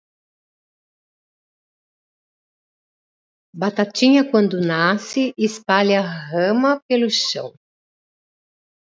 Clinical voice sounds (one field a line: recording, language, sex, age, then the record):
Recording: short text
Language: Brazilian Portuguese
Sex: female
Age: 60 to 69 years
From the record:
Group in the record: control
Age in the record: 62 years